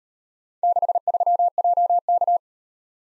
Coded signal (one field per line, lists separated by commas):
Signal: Morse code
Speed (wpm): 38 wpm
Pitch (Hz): 700 Hz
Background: none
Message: 63JK